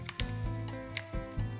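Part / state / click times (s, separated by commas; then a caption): window blind headrail into wall mounting bracket / not seated / none. A cordless window blind's headrail is handled and pushed up toward a metal hook wall mounting bracket. Short sharp ticks and knocks are heard over steady tonal background music. Nothing has clipped into the bracket or seated yet.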